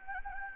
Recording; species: mosquito wingbeat signal from an infrared sensor; Anopheles gambiae